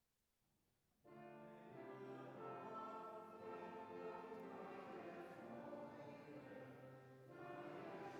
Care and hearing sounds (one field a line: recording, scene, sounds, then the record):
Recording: everyday scene through a hearing-aid microphone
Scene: reverberant space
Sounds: music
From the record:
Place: church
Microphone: behind the ear, left, front